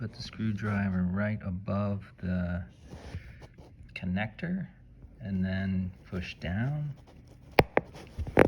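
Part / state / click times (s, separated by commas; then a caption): seat cover plastic clip into seat frame channel / seated / 7.6 s. Someone talks while a screwdriver, held right above the plastic clip of a Mercedes C300 seat cover, pushes the clip down into the seat frame channel. A sharp pop at 7.6 s marks the clip seating into the frame, followed by a few more short clicks and knocks near the end.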